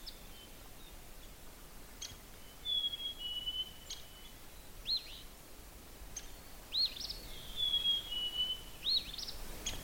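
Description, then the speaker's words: Black-capped Chickadee song: clear whistled two-note phrases falling in pitch, given twice, along with several short, sharp calls. Two-noted 'phoebe' song of the chickadee, which does not really sound like a phoebe; heard live outdoors on a cold morning. "That's the phoebe song of the chickadee."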